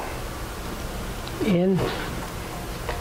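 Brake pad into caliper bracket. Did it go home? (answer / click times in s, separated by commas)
yes / 2.9 s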